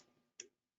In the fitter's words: and you'll hear that snap in.